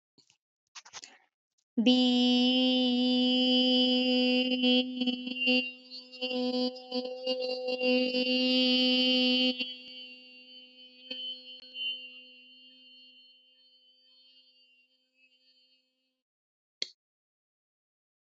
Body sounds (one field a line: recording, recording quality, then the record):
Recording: sustained vowel as in beet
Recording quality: excellent, no background noise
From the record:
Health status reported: healthy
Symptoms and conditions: none ticked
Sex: female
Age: 27 years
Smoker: not ticked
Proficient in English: yes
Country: India